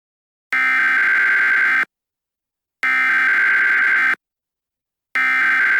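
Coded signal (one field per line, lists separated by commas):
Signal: Emergency Alert System (SAME) tones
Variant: header bursts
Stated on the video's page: Fictional EAS scenario about SCP creatures in Milwaukee, made with Movie Maker; simulated alert tones.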